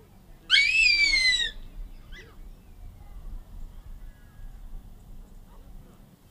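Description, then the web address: Harpy eagle gives one high, thin, drawn-out wailing whistle that slowly falls in pitch, followed by a faint short note amid low background rumble. Calls of a pair; eastern lowlands of South America. "Natures Songs S America Eastern Lowlands. Harpia harpyja, calls of pair"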